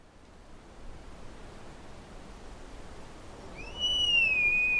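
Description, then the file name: Sika deer rutting whistle: one high, drawn-out tonal note that rises, then slowly falls, near the end of a quiet stretch of steady background hiss. Sika deer recorded at Sheding during the rut. "社頂-梅花鹿發情-姜博仁"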